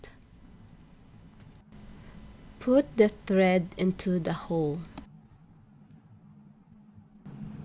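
While threading an abandoned Janome sewing machine, someone handles the bobbin at the machine's winder spindle and talks, with faint handling noises around 1.7 s and 7.3 s. Nothing has seated or clicked yet; the clip ends just before the bobbin goes home on the spindle.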